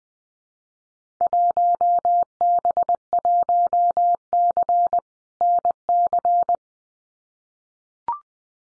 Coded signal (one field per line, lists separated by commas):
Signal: Morse code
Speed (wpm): 20 wpm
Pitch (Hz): 700 Hz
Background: none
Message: 1B1C NC